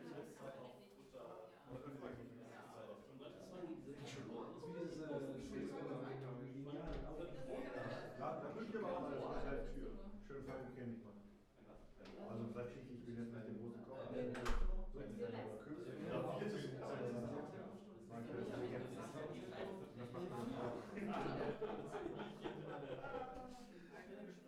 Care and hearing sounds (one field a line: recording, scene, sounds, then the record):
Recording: everyday scene through a hearing-aid microphone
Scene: many people talking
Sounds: many voices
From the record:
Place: bistro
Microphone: behind the ear, right, front